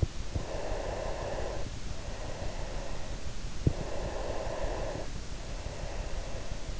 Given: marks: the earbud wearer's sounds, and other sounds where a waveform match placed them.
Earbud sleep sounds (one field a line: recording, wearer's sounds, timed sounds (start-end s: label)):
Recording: sounds in sleep by an in-ear microphone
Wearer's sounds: breath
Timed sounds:
0.37-3.17 s: breath
3.62-6.80 s: breath